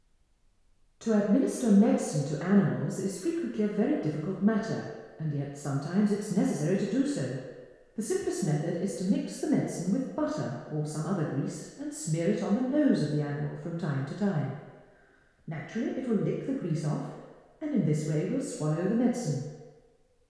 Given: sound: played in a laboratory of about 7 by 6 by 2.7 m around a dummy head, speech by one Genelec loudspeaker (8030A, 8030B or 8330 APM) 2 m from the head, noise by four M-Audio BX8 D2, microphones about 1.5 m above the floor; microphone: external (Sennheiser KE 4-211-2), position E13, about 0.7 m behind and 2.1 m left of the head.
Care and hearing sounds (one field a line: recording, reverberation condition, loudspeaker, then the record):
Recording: female speech in English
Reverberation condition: high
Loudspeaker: 120 degrees to the left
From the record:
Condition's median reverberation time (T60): about 1300 ms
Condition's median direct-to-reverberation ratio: about -4.0 dB